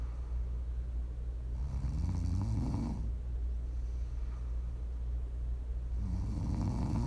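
Two low, rumbling snores about four to five seconds apart, each swelling and rising slightly in pitch on the in-breath, with quiet gaps between. The steady hum underneath is a constant background drone. This is ordinary sleep snoring.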